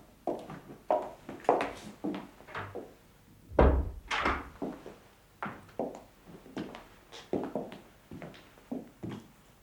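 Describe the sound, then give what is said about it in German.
A door opens with a heavy thud midway through, among a steady run of clunks and knocks, like someone coming in and walking. No voices are heard. “Und die einzige Person, die diese Möglichkeit hatte, steht vor der Tür. Kommen Sie doch herein.”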